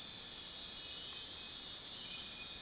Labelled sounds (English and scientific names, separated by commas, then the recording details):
none
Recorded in dense forest near Puerto Asís, Putumayo, Colombia, on 20 February 2024 at 00:30
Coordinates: 0.499, -76.324
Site G6469